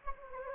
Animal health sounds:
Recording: mosquito wingbeat signal from an infrared sensor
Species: Anopheles gambiae

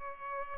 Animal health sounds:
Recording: mosquito wingbeat signal from an infrared sensor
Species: Culex pipiens

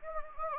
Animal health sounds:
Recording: mosquito wingbeat signal from an infrared sensor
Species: Anopheles gambiae

